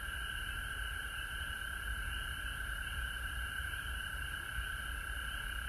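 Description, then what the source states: Frogs in full chorus, a constant layered trill of high notes, with steady low-pitched rumble beneath. Frogs recorded at home in Georgia on March 19, 2020.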